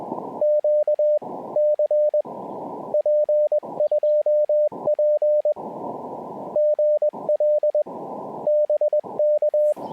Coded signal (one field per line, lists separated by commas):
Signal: Morse code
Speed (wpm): 19 wpm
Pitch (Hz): 590 Hz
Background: radio noise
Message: QC P2P GL BK